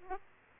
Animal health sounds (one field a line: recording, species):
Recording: mosquito wingbeat signal from an infrared sensor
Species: Aedes aegypti